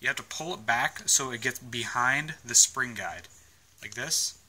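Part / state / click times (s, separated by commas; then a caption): part seated behind the spring guide of the assembly / not seated / none. Someone talks while placing a part on an assembly and pulling it back so it gets behind the spring guide. The part is handled but not yet home, and nothing has seated or clicked yet.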